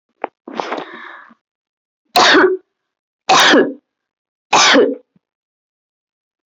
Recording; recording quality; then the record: heavy voluntary cough; excellent, no background noise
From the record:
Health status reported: healthy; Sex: female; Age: 30 years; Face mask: not worn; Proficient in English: yes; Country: India